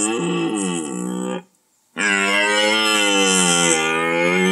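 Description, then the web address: Red deer roaring: two long, drawn-out harmonic calls separated by a short silence, the second a sustained, steady bellow. "gímszarvas. fekete-istvan-tanosveny vadaszatrol"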